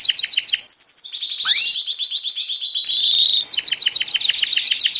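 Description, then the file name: Canary song of rapid repeated notes, a long level trill with a sharp downward sweep, then quick rhythmic chips. Kenari trio masteran, a training recording for teaching songbirds. "kenari trio masteran omkicau"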